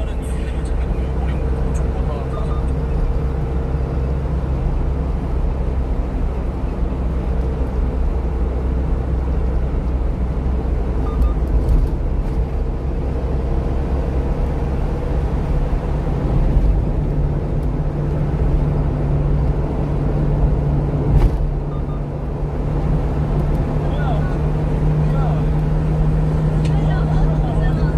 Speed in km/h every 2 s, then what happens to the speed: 66, 67, 65, 64, 64, 65, 68, 70, 74, 74, 73, 76, 78, 78.
0-9 steady at about 65. 9-15 speeds up to 74. 15-28 steady at about 74.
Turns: none.